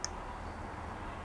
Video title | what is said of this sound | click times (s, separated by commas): Rebuilding the Front Brake Caliper on a 2011 Ninja 250 | of the seal in and it snapped right into place so that may be a little hard to see but | 0.0 s